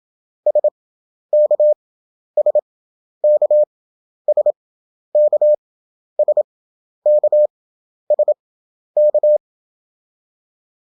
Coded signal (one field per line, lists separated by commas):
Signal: Morse code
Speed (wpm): 27 wpm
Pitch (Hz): 600 Hz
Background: none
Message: SK SK SK SK SK